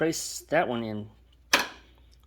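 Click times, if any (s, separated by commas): 1.5 s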